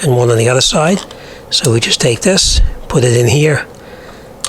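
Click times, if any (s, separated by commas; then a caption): 4.4 s. Someone talks while a bathroom faucet base plate, a trim piece that fits only one way, is pushed onto the faucet body so the two small tabs underneath engage. A single sharp snap is heard at 4.4 s as the plate seats in place.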